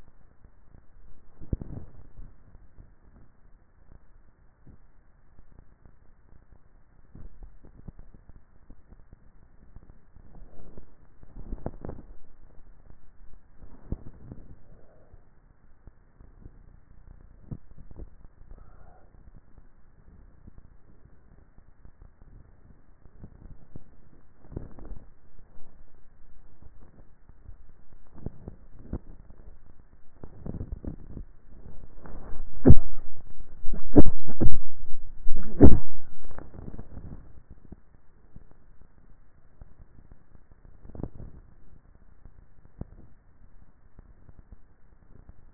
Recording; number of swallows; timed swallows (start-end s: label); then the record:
swallowing sounds by neck microphone; 5
7.25-8.15 s: swallow
17.75-18.72 s: swallow
26.85-27.75 s: swallow
28.78-29.88 s: swallow
30.98-31.88 s: swallow
From the record:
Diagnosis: dysphagia